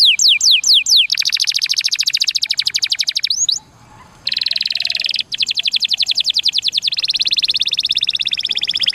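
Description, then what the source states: Atlantic canary song opening with slow, swooping whistled notes, then long fast trills broken by a brief silence and a dense buzzy roll. Song in the cengkok mewah (ornate) style.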